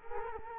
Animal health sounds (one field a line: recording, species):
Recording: mosquito wingbeat signal from an infrared sensor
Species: Culex quinquefasciatus